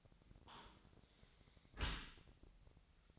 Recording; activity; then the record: daily activity, microphone in the room; close dishwasher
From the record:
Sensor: 3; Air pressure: 1003.0 hPa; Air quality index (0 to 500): 198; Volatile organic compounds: 6 ppm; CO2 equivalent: 1930 ppm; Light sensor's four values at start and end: 33/82/35/38 and 33/82/35/38